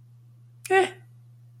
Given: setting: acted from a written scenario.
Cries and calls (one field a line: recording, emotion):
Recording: vocal sound without words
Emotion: neutral